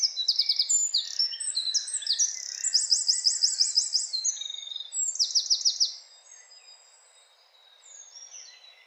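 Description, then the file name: Eurasian wren song, vigorous high-pitched notes and three rapid rattling trills pouring out for six seconds, then quiet. "Troglodytes troglodytes"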